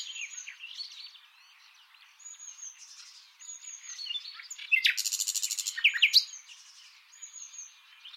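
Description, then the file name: Common nightingale singing varied soft phrases, breaking into a loud, rapid rattle for about a second before returning to softer chirps. "Luscinia megarhynchos"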